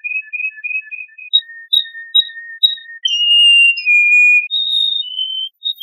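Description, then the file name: Canary singing a fast rolled series of short repeated whistles, then longer pure held notes stepping up and down in pitch. "kenari"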